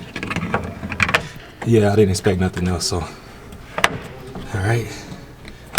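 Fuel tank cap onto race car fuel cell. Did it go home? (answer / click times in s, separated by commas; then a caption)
yes / 5.8 s. Someone talks while closing the fuel tank cap onto the fuel cell of a 2021 Dodge Dragpack drag race car after smelling the race gas inside. A sharp click is heard at 5.8 seconds as the cap locks into place.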